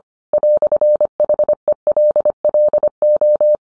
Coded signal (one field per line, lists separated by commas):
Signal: Morse code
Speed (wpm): 25 wpm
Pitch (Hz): 600 Hz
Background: none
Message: "HELLO